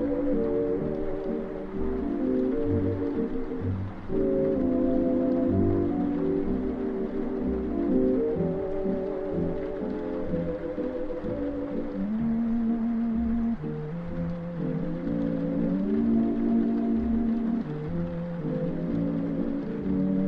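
Oldies music plays in another room, muffled and dull, with the treble mostly gone. Sustained notes and chords shift every second or so over a soft, thumping low end, and the level holds steady for the whole stretch.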